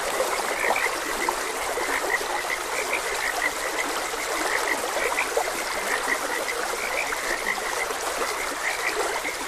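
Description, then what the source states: Frog croaks repeat in a busy, steady chorus of short notes, mixed with the constant hiss and gurgle of running water. Frogs croaking beside a gentle stream.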